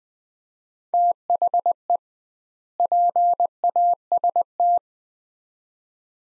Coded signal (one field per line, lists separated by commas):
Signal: Morse code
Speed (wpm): 20 wpm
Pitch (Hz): 700 Hz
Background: none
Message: THE PAST